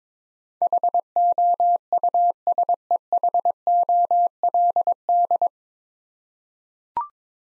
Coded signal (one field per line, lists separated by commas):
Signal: Morse code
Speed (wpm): 22 wpm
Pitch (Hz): 700 Hz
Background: none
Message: HOUSEHOLD